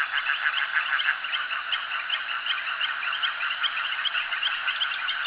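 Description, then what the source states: Chorus of frogs giving rapid, rattling pulsed notes that overlap, steady loudness across the whole stretch. Frogs calling at a jetty.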